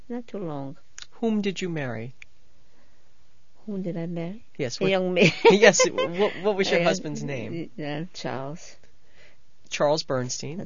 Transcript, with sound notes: Not too long.
Whom did you marry?
Whom did I marry?
Yes.
A young man. ( she laughs )
Yes. What was your husband's name?
Charles.
Charles Bernstein.